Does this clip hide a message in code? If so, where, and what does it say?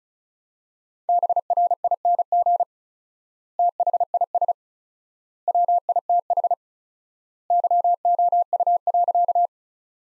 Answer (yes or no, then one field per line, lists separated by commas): yes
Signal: Morse code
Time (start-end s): 1.1-9.5 s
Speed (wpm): 36 wpm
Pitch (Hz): 700 Hz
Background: none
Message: BRING THIS WITH YOU.